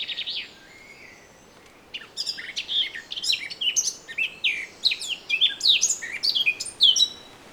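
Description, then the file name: Eurasian blackcap song: a brief opening phrase, a pause, then a long run of quick chattering and whistled notes. "Sylvia atricapilla"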